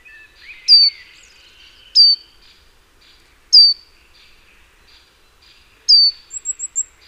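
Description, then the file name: Great tit giving sharp, high, falling call notes at irregular intervals, ending with a short run of thin high notes; quiet chirps of other birds behind. "Parus major"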